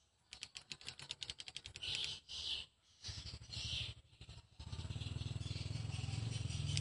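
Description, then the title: Swiftlet: a rapid train of clicks, then harsh buzzy chirps, before a steady low rumbling noise takes over. "Suara Burung Wallet"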